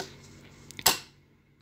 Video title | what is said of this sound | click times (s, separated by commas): Sewing 101 (Threading the machine, selecting the thread, setting the machine.... etc) | You push it in until you hear that snap sound. | 0.9 s